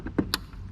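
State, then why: Seated. A wiring harness connector on a Hyundai Sonata is angled down and pushed onto the back of the low beam headlight bulb. Two softer knocks come at about 0.1 and 0.2 seconds, then a sharp, bright click at 0.3 seconds. The connector latches and is seated on the bulb.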